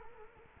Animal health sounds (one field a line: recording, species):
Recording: mosquito wingbeat signal from an infrared sensor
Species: Culex quinquefasciatus